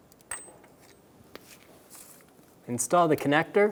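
A torque wrench set to 15 ft-lbs tightens an oil pressure switch threaded into the engine block of a 2012–2020 Chevrolet Sonic. The wrench gives a sharp click at 0.3 s as it reaches the setting, followed by a few faint taps and handling noises. Someone then starts talking near the end.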